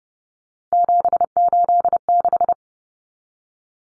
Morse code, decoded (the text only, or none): 786